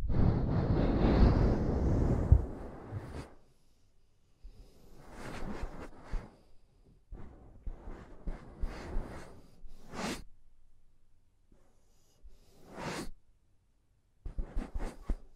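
Mic tapping and scratching: a loud rough rush for three seconds, then scattered scrapes and sharp swishes separated by short silences, with quick taps near the end.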